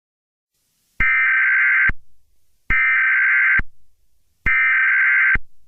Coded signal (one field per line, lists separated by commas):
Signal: Emergency Alert System (SAME) tones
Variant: header bursts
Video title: Sodor Fallout — An EAS scenario